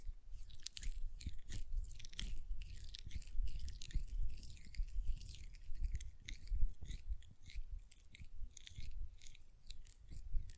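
Hand sounds with soft, irregular crisp clicks and rustles, like nails tapping, coming every fraction of a second over a low rumble.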